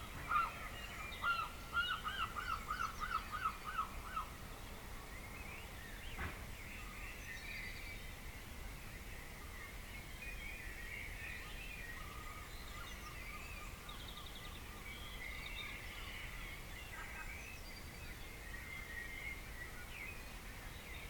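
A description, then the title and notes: A dawn chorus of birds over a steady bed of outdoor noise. In the first four seconds a bird gives a fast run of repeated notes, with fainter calls and a single sharp click near six seconds; quieter bird song continues through the rest. We play part of a recording from Brian, of the Dawn Chorus from May 2020.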